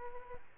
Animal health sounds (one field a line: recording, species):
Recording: mosquito wingbeat signal from an infrared sensor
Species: Aedes aegypti